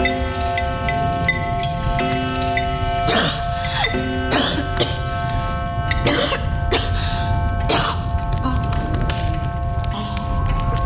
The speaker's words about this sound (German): Husten. Ist das dein einziges Gebrechen? Der Arzt sagt, ich brauche nur mehr frische Luft. Die gibt es hier im Überfluss, mein Kind. Du wirst sehen, dein Husten ist bald auskuriert.